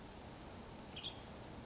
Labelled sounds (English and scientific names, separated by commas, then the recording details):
Western Tanager (Piranga ludoviciana)
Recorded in Sonoma County, California